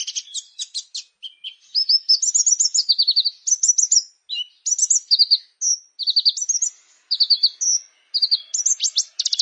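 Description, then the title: Plain prinia song with quick repeated chips, buzzy trills and short whistled slurs, densely packed and varied, background otherwise silent. "Ciblek Sawah"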